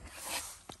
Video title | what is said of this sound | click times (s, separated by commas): VW 2020 Air filter change - How To | and then you pull it forward for the snap | 0.7 s